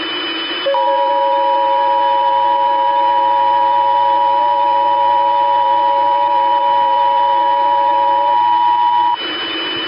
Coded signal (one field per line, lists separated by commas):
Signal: Emergency Alert System (SAME) tones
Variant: 853 and 960 Hz attention tone